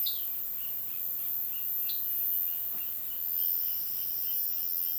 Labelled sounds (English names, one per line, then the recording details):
Roadside Hawk
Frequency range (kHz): Roadside Hawk 2.3-4.0 kHz
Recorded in dense forest near Puerto Asís, Putumayo, Colombia, on 19 February 2024 at 09:00
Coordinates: 0.505, -76.324
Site G6467